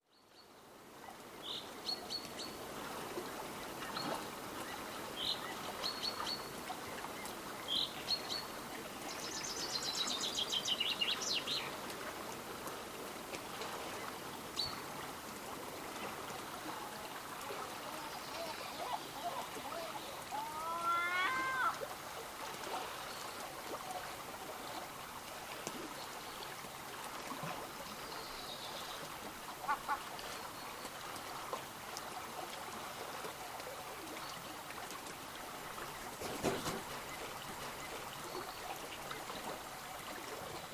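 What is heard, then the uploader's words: A seagull makes a few short, bright calls in the first ten seconds, then a single drawn-out, wavering cry near the middle. Behind it runs a steady rushing wash like flowing water, with a sharp knock near the end. This morning, after letting my recorder run for the whole night, around 3:30 Am I caught a seagull waking up. The seagull woke up and made its noises.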